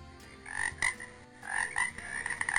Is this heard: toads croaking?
yes